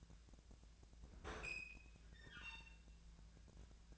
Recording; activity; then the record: daily activity, microphone in the room; open fridge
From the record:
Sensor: 2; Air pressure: 1009.6 hPa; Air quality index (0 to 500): 182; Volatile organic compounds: 11 ppm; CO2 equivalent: 2270 ppm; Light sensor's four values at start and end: 27/65/28/31 and 27/65/28/31